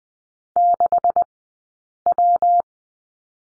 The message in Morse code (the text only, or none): 6W